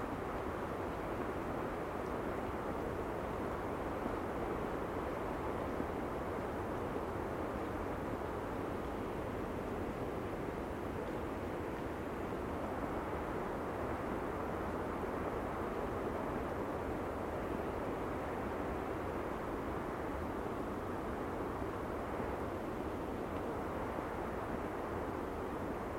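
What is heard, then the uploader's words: A field recording from Cape Disappointment on the Pacific coast in Washington: a thick, continuous rushing roar, weighted toward the low and middle range with little brightness. It holds an even level throughout, with no distinct events standing out. Recorded August 25th, 2022 at Cape Disappointment on the Pacific Coast in Washington. The raw field recording without an original musical score.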